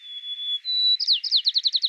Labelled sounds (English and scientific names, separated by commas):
White-crowned Sparrow (Zonotrichia leucophrys) song